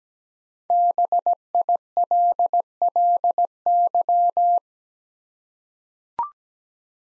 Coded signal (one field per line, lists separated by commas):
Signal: Morse code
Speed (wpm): 17 wpm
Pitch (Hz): 700 Hz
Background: none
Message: BILLY